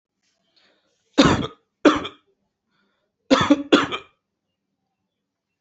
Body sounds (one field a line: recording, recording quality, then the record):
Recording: heavy voluntary cough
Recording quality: excellent, no background noise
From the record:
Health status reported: healthy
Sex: male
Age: 22 years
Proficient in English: no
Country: India